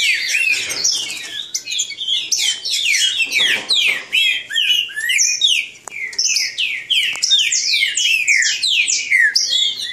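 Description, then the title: Green-winged saltator singing: a fast jumble of bright descending whistles, phrases overlapping without break throughout. Bird named Nicão singing in the woods, in a song contest with a free wild bird. "Trinca Ferro NICÃ O"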